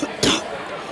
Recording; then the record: coughing mixed with background sound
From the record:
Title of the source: Wet coughing